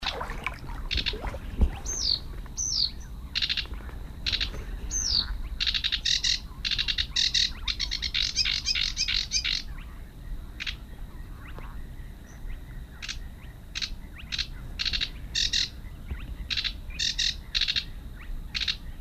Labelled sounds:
Sedge Warbler (Acrocephalus schoenobaenus) song

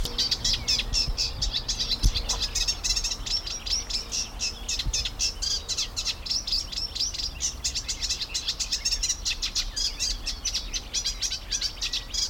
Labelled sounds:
Eurasian Reed Warbler (Acrocephalus scirpaceus)

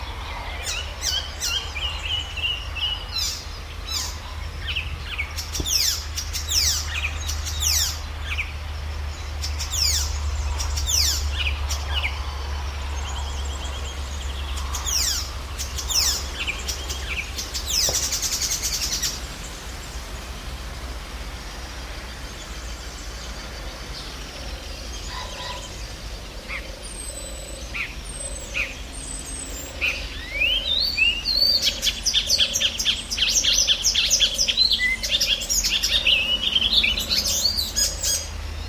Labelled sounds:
Icterine Warbler (Hippolais icterina)

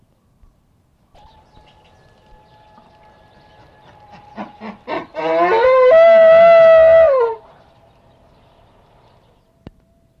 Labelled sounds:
Wapiti (Cervus canadensis) rut call

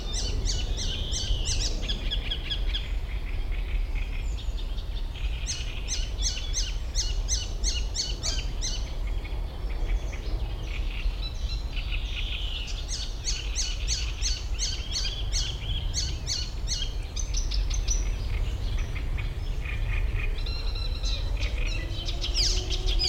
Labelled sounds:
Common Cuckoo (Cuculus canorus) call

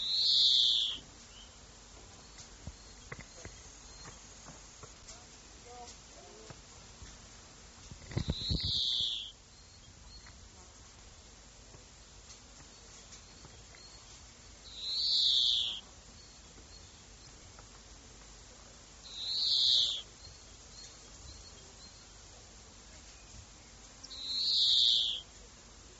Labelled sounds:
European Greenfinch (Chloris chloris) call

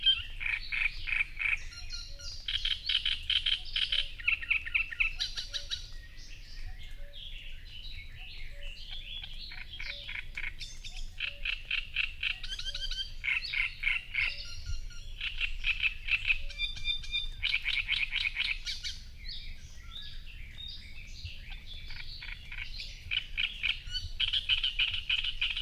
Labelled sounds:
Great Reed Warbler (Acrocephalus arundinaceus) song

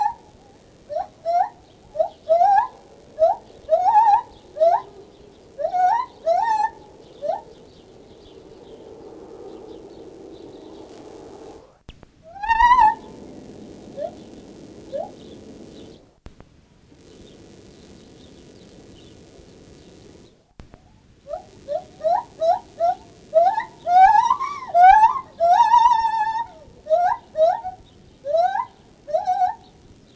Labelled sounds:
Lar Gibbon (Hylobates lar) call

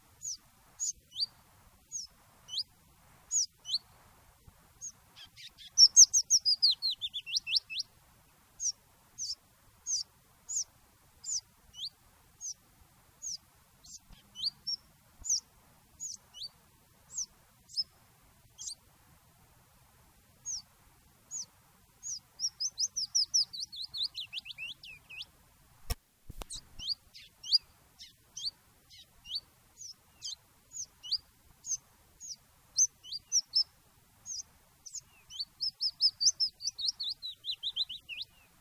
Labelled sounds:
Willow Warbler (Phylloscopus trochilus)

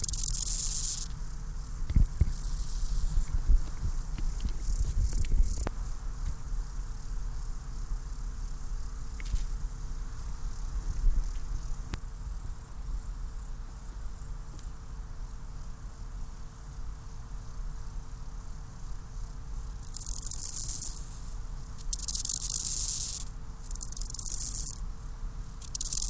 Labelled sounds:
Steppe Grasshopper (Chorthippus dorsatus) stridulation

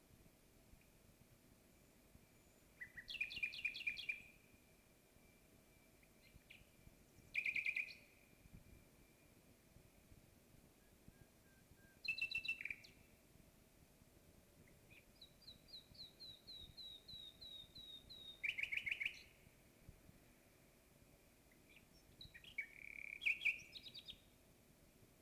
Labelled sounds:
Common Nightingale (Luscinia megarhynchos) song

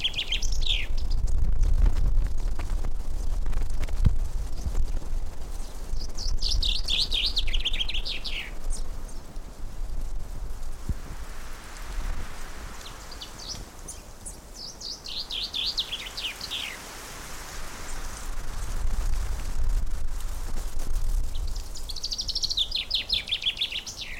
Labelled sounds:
Common Chaffinch (Fringilla coelebs)

